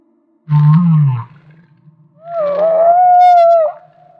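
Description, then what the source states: Humpback whale song: a low rumbling groan that rises then falls, then a higher drawn-out wail that wavers slightly and holds before stopping abruptly. Maui.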